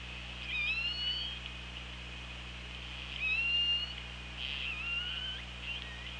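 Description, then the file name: Orca calls, a few wavering harmonic tones, rising and slightly bending, heard over a constant low hydrophone hum. Recorded on an OrcaLab hydrophone underwater, 24 August 2017 at 17:27. "Orca Lab UTLN JASON 20170824 172706"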